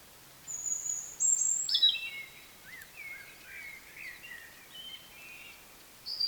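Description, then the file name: European robin song: a long phrase of thin high whistles, sliding notes and short twittering trills, ending with a brief high note after a pause. "Erithacus rubecula"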